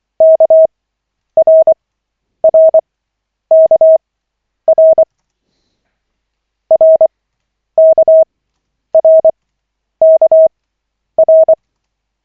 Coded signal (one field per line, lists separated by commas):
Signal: Morse code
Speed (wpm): 24 wpm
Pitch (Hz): 640 Hz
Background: none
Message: KRRKR RKRKR